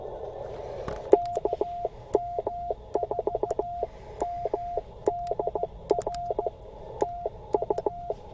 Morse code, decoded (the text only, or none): KM4MDR TU